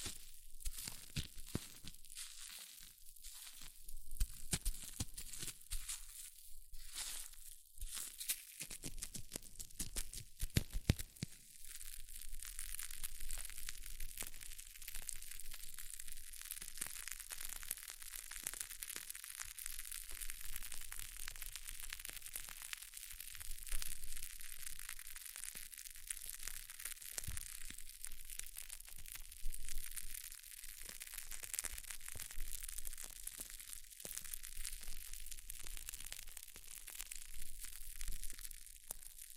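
Hair mousse fizzes and crackles in a dense, steady hiss of fine bright pops that runs the whole length. The first ten seconds carry heavier bursts and louder crunchy crackling, then it settles into a more even, continuous sizzle with small swells.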